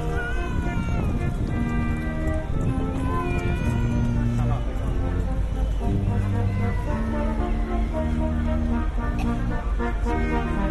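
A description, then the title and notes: Bergen Square, heard as a dense, steady wash of sound with no pauses. Overlapping voices carry held, sliding tones, some almost meow-like, over a low rumble that may be traffic, all at an even loudness throughout. Bergen Square. These binaural recordings are experiments in a sort of lo-fi augmented reality sound.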